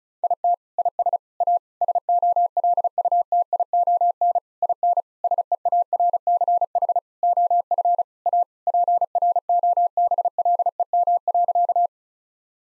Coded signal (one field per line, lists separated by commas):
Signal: Morse code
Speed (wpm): 36 wpm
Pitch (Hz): 700 Hz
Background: none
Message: IT IS A SOLUTION IN SEARCH OF A PROBLEM.